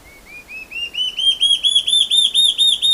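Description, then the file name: Large-tailed antshrike song: a series of clear whistled notes, starting softly and low, then rising in pitch and growing louder, with quiet background. "canto da borralhara assobiadora"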